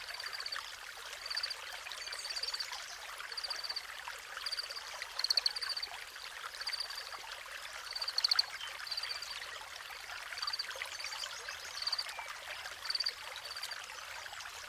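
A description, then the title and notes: A creek runs in a steady, bright wash of trickling water, with nothing in the low end. Over it, short rhythmic chirps repeat roughly every second, likely frogs or insects, with a few louder, sharper calls near five, eight and thirteen seconds. Chico Basin Creek. Captured May 21nd, 2023 at Chico Basin Ranch, southeast of Colorado Springs, Colorado.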